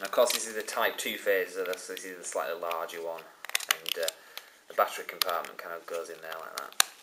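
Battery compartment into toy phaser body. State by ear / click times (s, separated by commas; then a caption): not seated / none. Someone talks while the battery compartment of a plastic toy Star Trek: The Next Generation Type 2 phaser is handled and pushed toward the body, with a few small plastic knocks and clicks of handling. Nothing has seated or clicked into place yet.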